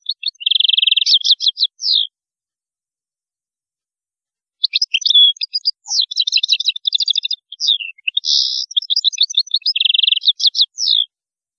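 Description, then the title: European goldfinch song in two long bouts of fast, jingling twitters mixed with dry buzzy trills, separated by a pause of over two seconds. "Chant Chardonneret"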